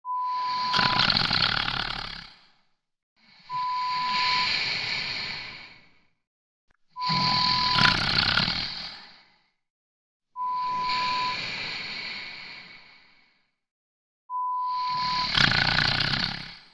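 Snoring from an adult sleeper: five long, rough, noisy snores, each lasting about two to three seconds, coming roughly every three and a half seconds, with broad-band rasping energy reaching into the high frequencies.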